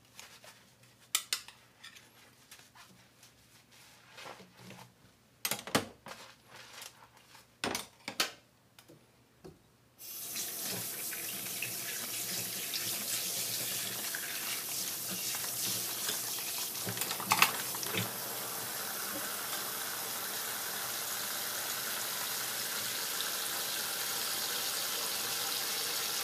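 Kitchen sounds while making katsuo tataki ramen. For the first ten seconds there are scattered knocks and clacks over a low hum, then a tap is turned on and water runs in a steady, bright rush to the end, with a few faint clinks under it.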